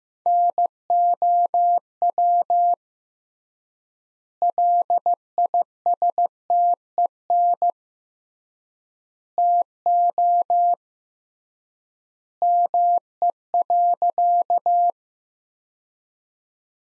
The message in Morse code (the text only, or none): NOW LISTEN TO ME.